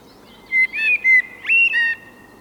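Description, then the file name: Eurasian blackbird whistling a brief run of clear, slightly wavering flute-like notes, five syllables in quick succession, against a quiet background. "koltrast"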